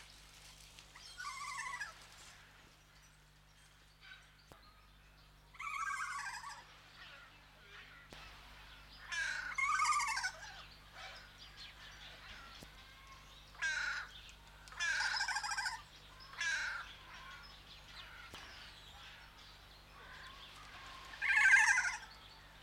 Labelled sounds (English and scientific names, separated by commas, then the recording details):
Kea (Nestor notabilis) call
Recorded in captivity
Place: Zoo Berlin, Berlin, DE
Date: 1995-03-04 11:35
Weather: heiter bis wolkig, 1 - 5 °C
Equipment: Marantz CP 130, Sennheiser ME 80, Kopie Uher Variocord 263
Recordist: Tembrock, Günter
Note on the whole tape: 2 Tiere mit einer bestimmten Lautfolge. Entfernung: 5 - 8 m